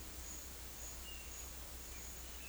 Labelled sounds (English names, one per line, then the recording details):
none
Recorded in secondary vegetation near Puerto Asís, Putumayo, Colombia, on 20 December 2024 at 12:00
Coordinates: 0.488, -76.319
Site GP04